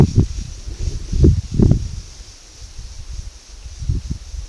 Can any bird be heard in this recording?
no